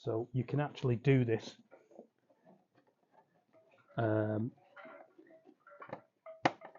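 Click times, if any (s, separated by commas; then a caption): 6.5 s. On a Suzuki GSXR 1000 K4, during the refit of the headlamp cowl/nose fairing, a small retaining clip on a cable is pushed up into a small hole in the air intake. Someone talks, then faint handling sounds are followed by a sharp click at 6.5 s as the clip seats and the cable is located.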